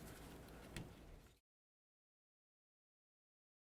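A plastic wiring harness connector is plugged back into a new vapor canister vent solenoid on a 2003–2021 Chevrolet Express 3500. Over a low, steady background, a single sharp click at 0.8 s marks the connector seating, and the sound cuts to silence at about 1.4 s.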